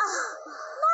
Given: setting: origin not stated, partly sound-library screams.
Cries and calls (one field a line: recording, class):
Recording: one-second piece from a danger detection set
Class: woman in danger